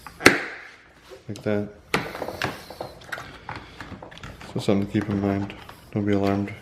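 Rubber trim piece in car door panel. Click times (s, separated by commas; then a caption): 0.3 s. A loose rubber trim piece on the passenger front door panel of a BMW E70 X5 is pushed back in, snapping into place with a sharp click at 0.3 seconds, during work on the door lock actuator. The trim piece seats, and afterward someone talks.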